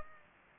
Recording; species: mosquito wingbeat signal from an infrared sensor; Aedes aegypti